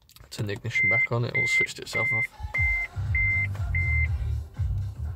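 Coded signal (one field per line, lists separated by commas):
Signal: none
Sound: car warning chime beeps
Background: speech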